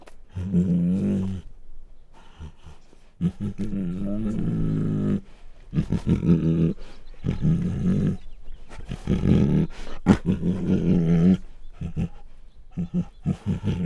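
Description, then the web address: Bengal tiger giving deep, rasping snarls and growls in uneven bursts, with brief silent gaps between rough, pulsing phrases. Female Bengal tiger snarling and growling. "Sound Ideas Tigers Sound Effects"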